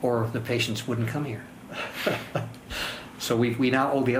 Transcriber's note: chuckle